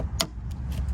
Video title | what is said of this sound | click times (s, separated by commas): Jeep Wrangler Rubicon 4xe - Walkaround and Charging Info | it's clicked light is now flashing | 0.2 s